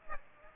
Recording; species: mosquito wingbeat signal from an infrared sensor; Aedes aegypti